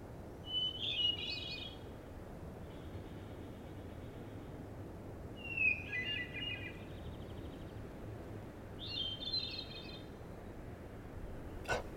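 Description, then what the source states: Hermit Thrush song: three separate flute-like phrases, each opening on a clear note and breaking into shimmering notes, spaced several seconds apart, with a click at the end. Ethereal flute-like song with a single introductory note, heard up ahead on a steep trail under pines and spruce, west side of Rocky Mountain National Park, Colorado; wind moving through the needles.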